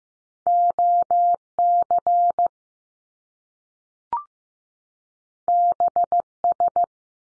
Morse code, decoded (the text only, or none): O CB S